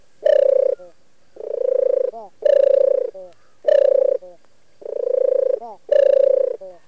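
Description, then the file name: European turtle dove song: six rolling, pulsed purrs, each under a second long, against a quiet background. "TORTORA"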